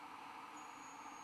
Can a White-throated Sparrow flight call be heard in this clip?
no